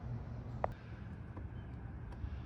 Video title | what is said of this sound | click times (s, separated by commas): 2008 Jeep Liberty - Part 2! TIPM replacement | just kind of push with your hand on the connector and the lever and pull it into place and it'll snap right in | 0.6 s